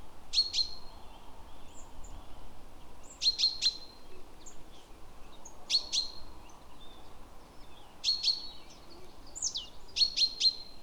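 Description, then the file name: Great tit uttering short bursts of two or three sharp high notes every few seconds, with one different swept note and low hiss around them. "Parus major"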